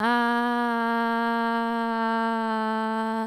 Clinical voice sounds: sustained vowel /a/; female; 20 to 29 years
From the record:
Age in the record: 21 years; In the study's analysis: included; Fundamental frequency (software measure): 229 Hz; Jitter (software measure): 0.39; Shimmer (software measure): 0.68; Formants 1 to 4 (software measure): 913 Hz, 1586 Hz, 2957 Hz, 4054 Hz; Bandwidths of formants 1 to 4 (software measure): 117 Hz, 291 Hz, 295 Hz, 207 Hz

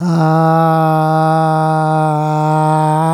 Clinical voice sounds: sustained vowel /a/; male; 50 to 59 years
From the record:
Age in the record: 58 years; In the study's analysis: included

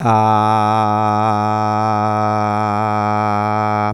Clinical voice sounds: sustained vowel /a/; male; 60 to 69 years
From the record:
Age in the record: 61 years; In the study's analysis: included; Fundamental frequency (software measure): 106 Hz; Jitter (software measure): 0.28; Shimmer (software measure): 1.48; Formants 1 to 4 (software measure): 775 Hz, 1287 Hz, 2348 Hz, 3506 Hz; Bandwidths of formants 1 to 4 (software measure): 130 Hz, 97 Hz, 122 Hz, 179 Hz

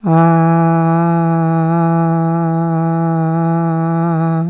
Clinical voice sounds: sustained vowel /a/; female; 70 to 79 years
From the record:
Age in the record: 71 years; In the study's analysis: included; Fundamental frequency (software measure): 165 Hz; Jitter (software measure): 0.28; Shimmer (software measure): 0.48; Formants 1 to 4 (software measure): 789 Hz, 1358 Hz, 3342 Hz, 3910 Hz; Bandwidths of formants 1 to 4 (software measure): 126 Hz, 220 Hz, 314 Hz, 295 Hz

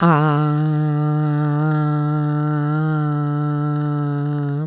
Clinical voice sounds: sustained vowel /a/; female; 50 to 59 years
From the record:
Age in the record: 56 years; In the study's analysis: included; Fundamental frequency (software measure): 151 Hz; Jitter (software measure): 0.31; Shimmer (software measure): 0.39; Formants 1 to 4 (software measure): 664 Hz, 1346 Hz, 2136 Hz, 3182 Hz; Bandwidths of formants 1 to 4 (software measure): 341 Hz, 111 Hz, 401 Hz, 346 Hz

